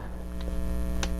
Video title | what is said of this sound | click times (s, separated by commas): Transformers Power Of The Primes Dinobot Combiner Volcanicus Review | just pop them into place like that and then you can put this piece down and | 1.0 s